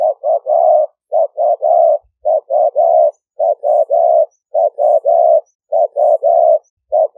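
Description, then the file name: Spotted dove cooing in short phrases, each two quick notes followed by a longer drawn-out coo, repeated about once a second. "5 hậu" call type. "tieng-cu-gay-5-hau"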